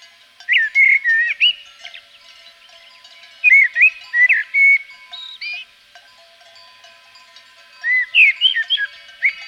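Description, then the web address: Common blackbird song: three separate mellow, fluting whistled phrases, each a few notes winding up and down, with pauses of about two seconds between them. Blackbird recorded in Provence. "A természet hangjai 06-A provence-i feketerigó"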